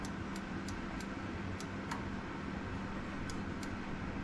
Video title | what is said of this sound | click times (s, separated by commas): 1984 Bertone X 1/9, Install wiring harness, intake, aux air regulator (build a bracket) | so we got click | 1.9 s